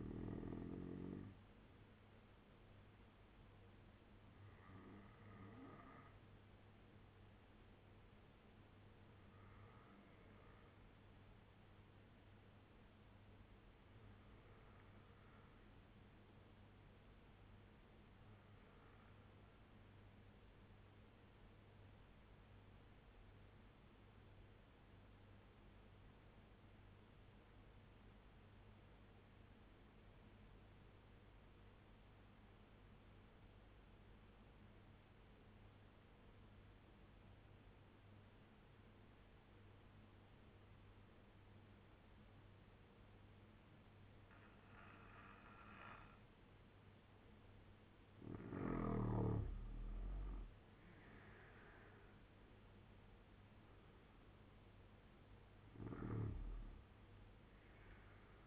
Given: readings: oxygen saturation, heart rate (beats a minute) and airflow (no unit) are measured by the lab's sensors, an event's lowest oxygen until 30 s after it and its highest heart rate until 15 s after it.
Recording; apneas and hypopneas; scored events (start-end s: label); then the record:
breathing in sleep by a voice recorder at the bedside; 1
14.00-47.20 s: obstructive apnea (N2, oxygen 94% highest, then 81% lowest, heart rate 68 at the start, 85 highest)
17.00-47.00 s: new sleep stage, N3 (deep sleep)
47.00-58.47 s: new sleep stage, N2 (light sleep)
From the record:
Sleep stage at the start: N2 (light sleep); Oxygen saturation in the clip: 82 to 94%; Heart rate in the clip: 65 to 85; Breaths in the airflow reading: 5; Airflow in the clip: -12.5 to 10.7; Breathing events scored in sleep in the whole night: 201 in 6.5 hours asleep